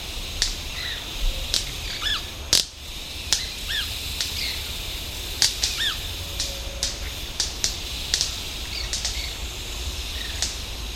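White-bearded manakin, a series of loud, crisp snaps mixed with brief downslurred chirps, against a steady background hiss.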